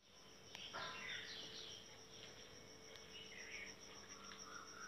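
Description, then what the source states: Bird song, faint: short whistled and warbled phrases scattered over several seconds, against a steady high drone and soft background noise. Sings in the morning, every day.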